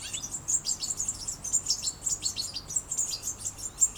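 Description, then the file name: European goldfinch calls, a rapid stream of high tinkling twittering notes, fast and continuous throughout. "Carduelis carduelis"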